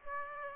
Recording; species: mosquito wingbeat signal from an infrared sensor; Aedes aegypti